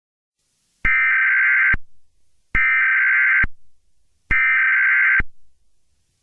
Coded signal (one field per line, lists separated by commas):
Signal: Emergency Alert System (SAME) tones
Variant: header bursts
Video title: EAS Scenario | Piglin Attack (#95)